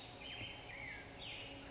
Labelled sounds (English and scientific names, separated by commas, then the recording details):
California Towhee (Melozone crissalis)
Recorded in Sonoma County, California